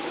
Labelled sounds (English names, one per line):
Black-throated Green Warbler flight call